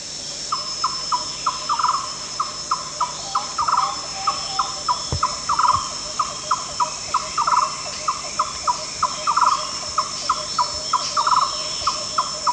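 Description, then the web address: Yellow-crowned barbet giving a long, steady series of repeated tok notes, with a constant high-pitched drone in the background. At Danum on 1 July 2008. "DANUM 20080701. yellow-crowned barbet"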